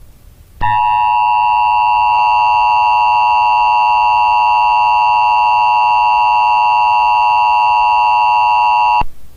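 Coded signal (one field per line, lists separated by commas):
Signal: Emergency Alert System (SAME) tones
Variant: 853 and 960 Hz attention tone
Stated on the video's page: Fictional EAS scenario reconstruction, not real government broadcasts.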